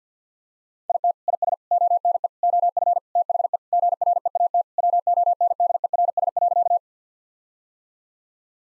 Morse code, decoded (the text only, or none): IT IS ONE OF THE GREAT WONDERS.